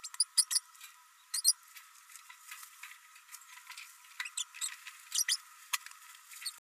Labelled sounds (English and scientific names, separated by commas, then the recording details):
Green-rumped Parrotlet (Forpus passerinus) babbling
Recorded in a nest box in Venezuela
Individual 18B104A3